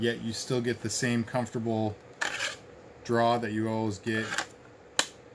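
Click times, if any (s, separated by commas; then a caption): 5.0 s. Someone talks while an Ontario RAT-7 fixed-blade knife is pushed into a custom double-layer kydex sheath with a full second layer that doesn't flex. A brief sharp sound comes at about 2.2 s, and after the talking stops the knife seats with a single sharp click at 5.0 s. The knife is held secure but remains easy to draw.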